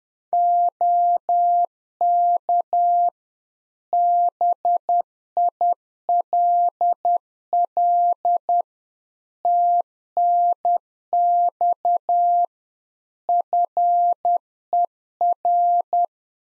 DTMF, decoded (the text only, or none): none